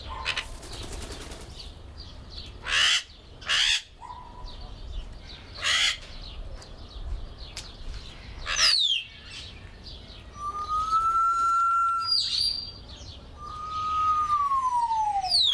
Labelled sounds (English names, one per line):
Grey Parrot